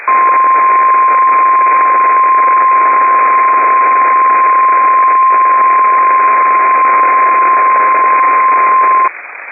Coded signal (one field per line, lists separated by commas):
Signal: Emergency Alert System (SAME) tones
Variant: 1050 Hz attention tone